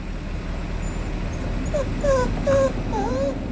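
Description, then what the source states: Hokkaido dog whining, several thin high whimpers in quick succession, some flat and some wavering, over steady low rumble. Hokkaido dog named Fuyuichiro whining before breakfast after waking; owner asks if it is hungry.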